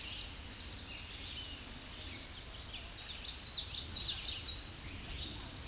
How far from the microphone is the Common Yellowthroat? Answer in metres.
about 30 m